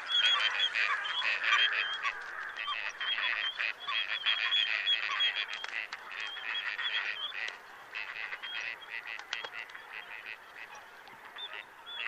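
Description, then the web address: Gadwalls chattering together, rapid overlapping nasal calls and short whistles, busy at first and thinning slightly toward the end. "chant xeno-canto canard chipeau"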